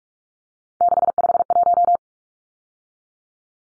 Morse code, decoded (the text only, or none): 651